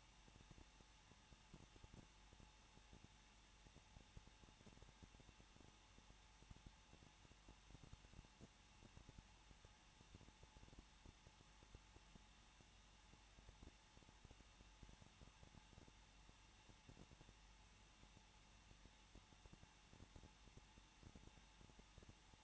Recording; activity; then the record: daily activity, microphone in the room; no activity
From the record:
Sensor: 1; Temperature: 20.1 degrees Celsius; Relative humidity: 39.2%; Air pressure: 1006.3 hPa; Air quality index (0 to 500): 218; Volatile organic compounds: 77 ppm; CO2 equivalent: 3585 ppm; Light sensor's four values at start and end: 1/2/1/1 and 1/2/1/1